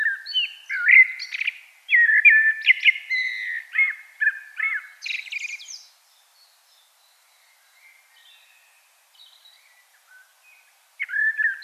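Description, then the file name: Common blackbird delivering a long stretch of rich fluted warbles with squeaky high flourishes, then a quiet gap with faint notes before a new phrase begins. "Turdus merula"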